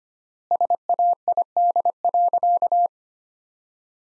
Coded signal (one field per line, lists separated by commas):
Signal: Morse code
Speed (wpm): 25 wpm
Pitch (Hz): 700 Hz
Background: none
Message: SAID.